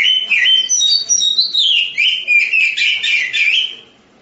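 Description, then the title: Oriental magpie-robin pouring out a continuous stream of varied whistles and trills, pitch jumping high and low, ending abruptly in quiet. Song of a champion-grade bird, in the songbird competition sense. "Kicau Burung Kacer Juara"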